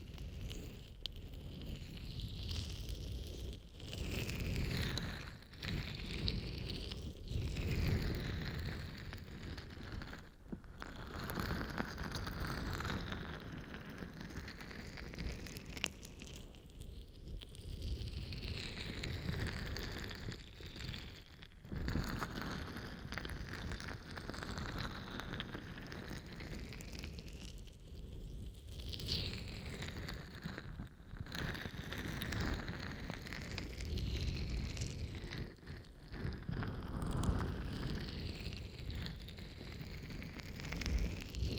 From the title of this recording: Scrub Ear Massage & Moisturizing Care Rubbing, Stroking, Cleansing, Tapping